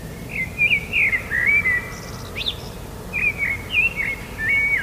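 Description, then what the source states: Common blackbird singing mellow, fluting whistled phrases, two runs of varied warbles separated by a brief thin high note, with soft low background rumble. Recorded 21 March 2013.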